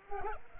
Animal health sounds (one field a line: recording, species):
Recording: mosquito wingbeat signal from an infrared sensor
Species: Culex pipiens